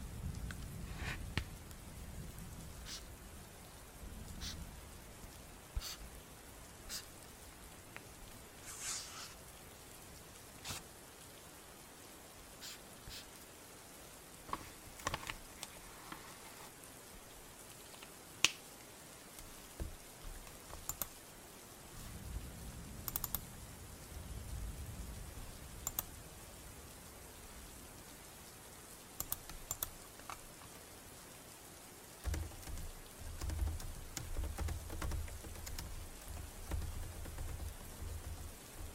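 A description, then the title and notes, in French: Rain falls steadily, with a soft hiss and scattered sharp drips and taps landing irregularly throughout, some in quick clusters. Low rumbling swells rise near the start, around 22–25 seconds, and again from about 32 seconds to the end. Sons ASMR et de pluie.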